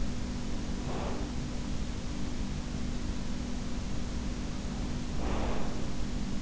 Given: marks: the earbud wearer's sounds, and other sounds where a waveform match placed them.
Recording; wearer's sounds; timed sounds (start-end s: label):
sounds in sleep by an in-ear microphone; breath
0.20-1.99 s: breath
4.88-6.10 s: breath